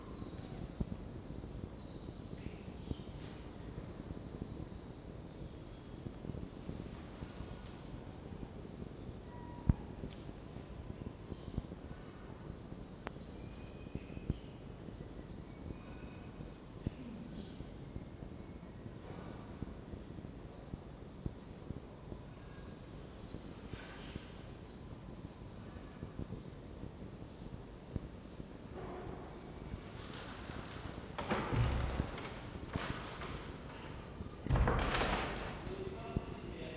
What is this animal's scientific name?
Vulpes vulpes